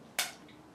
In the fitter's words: hear that click that enables that lead to slide up and down to the swivel